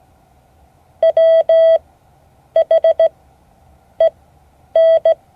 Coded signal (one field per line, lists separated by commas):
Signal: Morse code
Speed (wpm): 16 wpm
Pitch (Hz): 650 Hz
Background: none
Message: WHEN